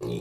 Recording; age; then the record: pig call; weaner (32 to 43 days)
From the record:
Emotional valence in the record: negative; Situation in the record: short isolation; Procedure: open field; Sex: female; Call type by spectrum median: low-frequency call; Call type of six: low-frequency stable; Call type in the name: low-frequency stable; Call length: 0.21 s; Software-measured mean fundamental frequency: 59 Hz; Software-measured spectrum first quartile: 179 Hz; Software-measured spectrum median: 349 Hz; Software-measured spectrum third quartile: 588 Hz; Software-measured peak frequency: 365 Hz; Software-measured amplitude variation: 91 dB a second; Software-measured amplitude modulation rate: 35.6 a second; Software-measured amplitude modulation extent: 2.5 dB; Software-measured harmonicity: 1.3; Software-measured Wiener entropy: -0.44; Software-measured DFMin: 842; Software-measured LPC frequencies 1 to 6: 378, 932, 2424, 3552, 5841, 7402 Hz